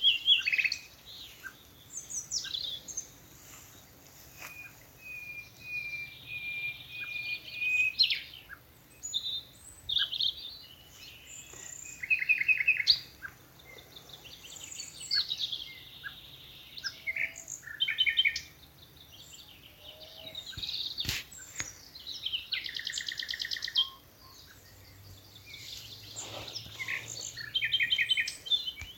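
Nightingales sing in a wood, pouring out a varied run of phrases: rapid trills, rattling bursts and long whistled notes, with short pauses between outbursts. Other birds chirp alongside, a brief sharp click lands around the twenty-second mark, and a faint low hum runs underneath.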